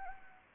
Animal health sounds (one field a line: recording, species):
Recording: mosquito wingbeat signal from an infrared sensor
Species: Anopheles gambiae